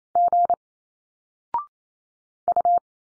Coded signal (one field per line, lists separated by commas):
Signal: Morse code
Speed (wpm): 28 wpm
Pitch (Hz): 700 Hz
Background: none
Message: G U